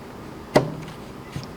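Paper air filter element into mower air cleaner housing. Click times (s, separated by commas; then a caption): 0.6 s, 1.4 s. A new paper air filter element is pushed into the air cleaner housing of a John Deere zero turn mower during its 100-hour inspection. A sharp pop at 0.6 s is followed by a softer click at 1.4 s as the element seats in the housing.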